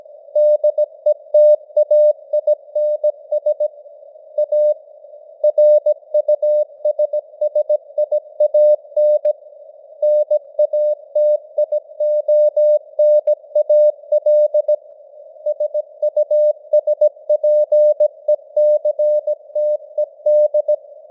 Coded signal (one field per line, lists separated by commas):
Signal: Morse code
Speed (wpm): 17 wpm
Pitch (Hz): 600 Hz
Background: none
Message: DETAINS A RUSSIAN NATIONAL SUSPECTED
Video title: Morse Code News | 2025-11-27 | 17wpm